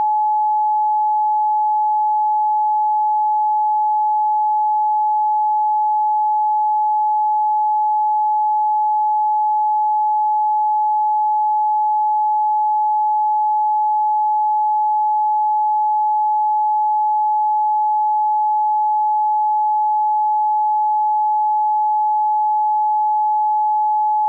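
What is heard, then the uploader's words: A pure 852 Hz tone holds perfectly steady for the full length, a single clean pitch in the upper middle range. Its loudness never shifts, and nothing else is audible: no pulses, no background sound, just the unbroken note. 852 HZ POWERFUL PURE TONE Solfeggio Frequency AWAKEN INTUITION Balance ThirdEye Chakra.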